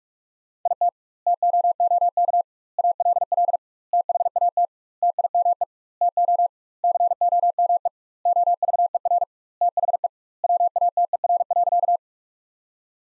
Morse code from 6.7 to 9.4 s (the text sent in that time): COME OVER